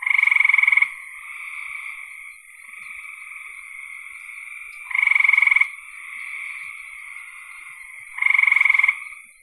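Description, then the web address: Frog calls: three loud pulsed trills of under a second each, spaced a few seconds apart, while softer frogs trill steadily throughout. "cn frogs"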